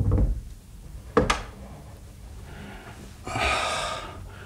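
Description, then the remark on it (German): A door is shut with a single sharp thud, followed later by a longer, soft breathy rustle. No one speaks. “Komm, mach die Tür zum Zimmer deiner Mutter wieder zu.”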